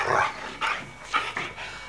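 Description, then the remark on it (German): A dog barks four times in quick, uneven succession, the barks short and fairly high-pitched with a yappy edge, with no talking around them. “Das ist ja ein schöner Hund. Und so freundlich.”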